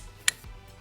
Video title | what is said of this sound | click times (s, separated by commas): Milwaukee hole dozer review and how to use | and it locks into place, | 0.3 s